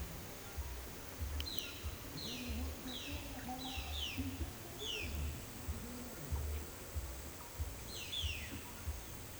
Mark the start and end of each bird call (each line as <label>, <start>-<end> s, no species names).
bird call, 1.50-5.13 s
bird call, 7.76-8.55 s